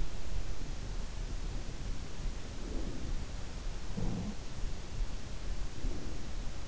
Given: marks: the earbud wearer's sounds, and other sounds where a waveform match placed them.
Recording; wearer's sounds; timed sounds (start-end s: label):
sounds in sleep by an in-ear microphone; breath
2.39-3.52 s: breath
3.87-4.75 s: sound from someone else or the room
5.64-6.68 s: breath